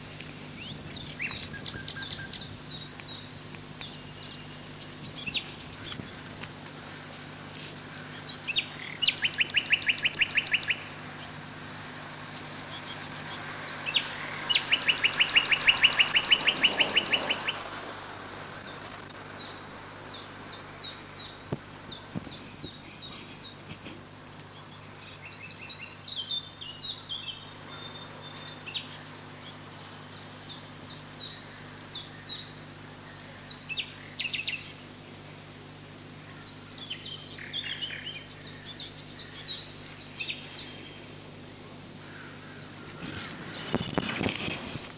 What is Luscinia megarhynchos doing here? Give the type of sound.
song